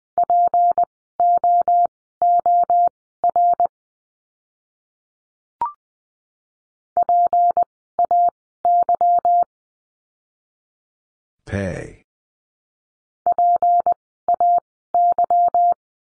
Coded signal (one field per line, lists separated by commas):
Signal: Morse code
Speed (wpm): 20 wpm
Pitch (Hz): 700 Hz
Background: none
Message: POOR PAY PAY